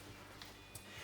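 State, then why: Seated. The plastic end of the foot bar (footstool) on a Baby Jogger City Select double stroller's second seat, with its side button pushed in, is slid down into the first hole of the seat frame's side mount. It clicks into place at 0.4 s, followed by another short sharp tick at 0.8 s over a low steady background. The foot bar is seated.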